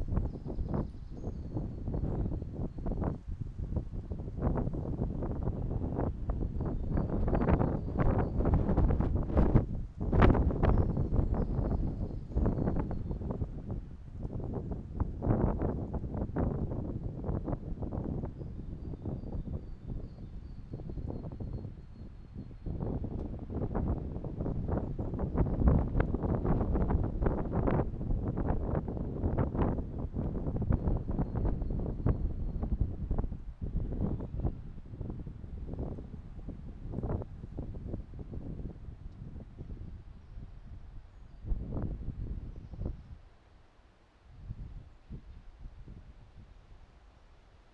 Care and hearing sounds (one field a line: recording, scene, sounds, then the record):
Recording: everyday scene through a hearing-aid microphone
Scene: wind on the microphone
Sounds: squally wind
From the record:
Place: parking lot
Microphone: in the ear canal, right